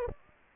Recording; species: mosquito wingbeat signal from an infrared sensor; Anopheles gambiae